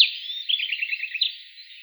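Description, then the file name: Taiga flycatcher song, a brief run of quick high chirping notes, slightly uneven, in a narrow band with no other sounds. "Muholovka malaja vostochnaja"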